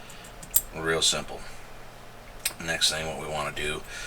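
A steel extractor is slid into its slot in a Ruger 10-22 rifle bolt, over its spring and plunger, with light downward force. A faint tick at 0.4 s is followed by a sharp click at 0.6 s as the extractor snaps into place, and then someone talks.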